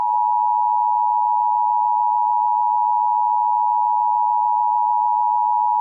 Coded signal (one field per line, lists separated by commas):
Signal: Emergency Alert System (SAME) tones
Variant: 853 and 960 Hz attention tone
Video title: EAS alert warning sound